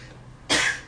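After a brief quiet moment, one short, harsh cough bursts out from an adult man with broken ribs, injured only hours earlier the same day.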